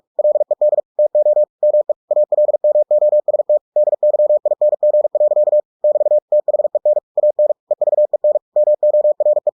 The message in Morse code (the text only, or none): LED TO ME ALMOST DYING. <BT> THEN AN EVEN MORE